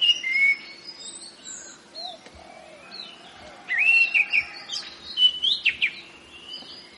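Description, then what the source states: Orange-headed thrush singing a mix of clear whistles and quick looping trills, mostly high-pitched, in short bursts separated by quieter passages, with a faint steady hum. Rolling song style called ngeroll; bird named as the anis cendana type.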